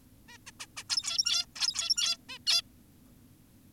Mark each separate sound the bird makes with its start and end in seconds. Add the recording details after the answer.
0.29-0.38, 0.47-0.51, 0.60-0.66, 0.77-0.84, 0.90-1.46, 1.56-2.17, 2.29-2.38, 2.47-2.62. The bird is an adult. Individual g17y2U